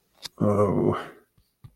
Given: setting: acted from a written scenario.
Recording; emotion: vocal sound without words; shame